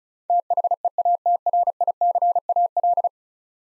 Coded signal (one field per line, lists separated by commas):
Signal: Morse code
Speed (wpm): 36 wpm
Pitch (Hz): 700 Hz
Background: none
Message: THEATRICAL